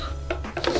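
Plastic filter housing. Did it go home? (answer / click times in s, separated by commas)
no / none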